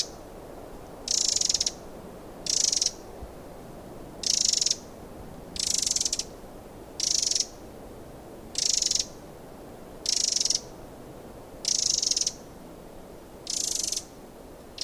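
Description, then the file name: Eurasian wren rattling calls: high, dry churring bursts about half a second long, repeated roughly every one and a half seconds in a steady series. "Troglodytes troglodytes"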